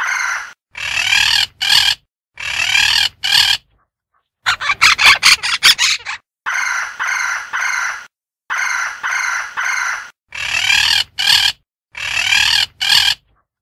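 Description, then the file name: Parrot squawks in irregular groups of two or three harsh, nasal calls, with a quick chattering run midway and short silences between groups. "Suono di Pappagalli"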